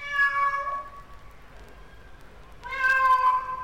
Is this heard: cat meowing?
yes